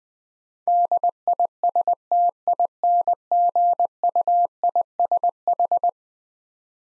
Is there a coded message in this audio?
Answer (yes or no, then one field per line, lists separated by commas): yes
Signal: Morse code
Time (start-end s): 0.7-5.9 s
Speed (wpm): 20 wpm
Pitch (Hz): 700 Hz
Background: none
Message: DISTINGUISH